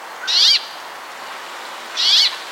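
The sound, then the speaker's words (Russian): Greenfinch and brambling song: two drawn-out, wheezy, high-pitched buzzing notes, each about a third of a second, separated by a pause of over a second against a faint background hiss. “Послушайте песню «Зеленушки» и в юрка.”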